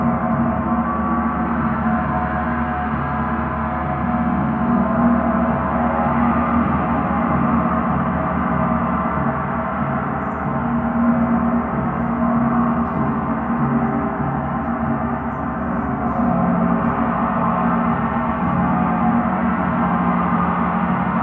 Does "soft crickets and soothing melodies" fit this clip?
no